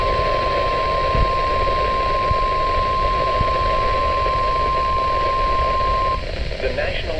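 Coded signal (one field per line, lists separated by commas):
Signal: Emergency Alert System (SAME) tones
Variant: 1050 Hz attention tone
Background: speech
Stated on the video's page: Real severe weather alerts.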